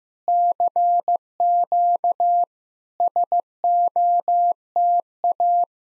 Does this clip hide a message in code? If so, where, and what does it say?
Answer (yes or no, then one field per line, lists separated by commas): yes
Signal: Morse code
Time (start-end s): 0.3-5.6 s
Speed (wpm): 15 wpm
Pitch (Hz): 700 Hz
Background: none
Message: CQ SOTA